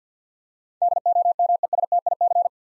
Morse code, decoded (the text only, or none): DOMESTIC